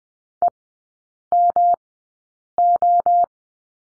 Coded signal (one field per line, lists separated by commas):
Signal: Morse code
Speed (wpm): 20 wpm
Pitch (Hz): 700 Hz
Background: none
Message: EMO